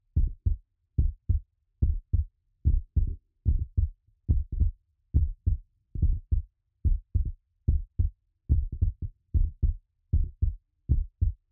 Heartbeat.